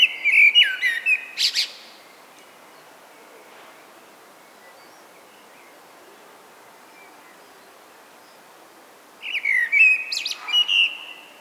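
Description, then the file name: Common blackbird song: a warbled phrase with a squeaky, high flourish, then near silence for about seven seconds before another similar fluty phrase. "Turdus merula"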